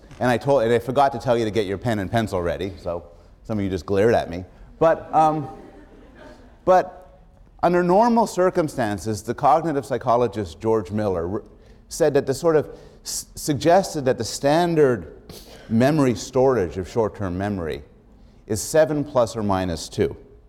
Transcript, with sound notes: And I told — and I forgot to tell you to get your pen and pencil ready, so some of you just glared at me. But [laughter] under normal circumstances the cognitive psychologist George Miller said that this sort of suggested that the standard memory storage of short-term memory is seven, plus or minus two.